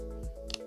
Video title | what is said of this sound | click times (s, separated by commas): Supcase UB MAG Rugged Case for Google Pixel 9 Pro XL - Built-in Screen Protector Removal Tutorial | Snaps back into place. | 0.5 s